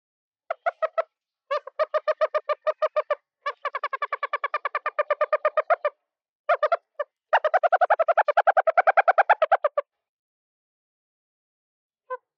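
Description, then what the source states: Pale chanting goshawk calling: rapid runs of clipped, harmonic piping notes in several bursts over about ten seconds, followed by a pause and one last lone note. Low chirp call.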